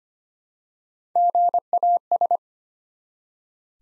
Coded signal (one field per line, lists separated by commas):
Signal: Morse code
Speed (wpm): 25 wpm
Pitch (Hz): 700 Hz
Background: none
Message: GAS